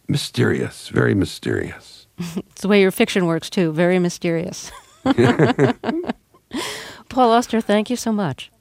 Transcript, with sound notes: mysterious, very mysterious.
It's the way your fiction works, too - very mysterious.
(LAUGHTER)
Paul Auster, thank you so much.